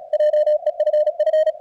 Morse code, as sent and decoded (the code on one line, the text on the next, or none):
.--- . ..-. ..-.
JEFF